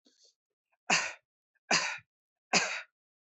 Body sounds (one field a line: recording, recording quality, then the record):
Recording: shallow voluntary cough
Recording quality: excellent, no background noise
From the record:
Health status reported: healthy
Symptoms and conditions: none ticked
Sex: male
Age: 26 years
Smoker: not ticked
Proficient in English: yes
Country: India